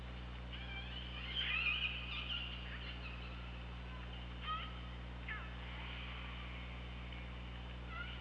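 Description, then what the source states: Orca calls in a loose series: a long wavering squeal early on, then shorter upswept squeaks and pulses scattered through the rest, above a steady low droning background. Recorded with the OrcaLab hydrophone on 24 August 2017, around 15:17.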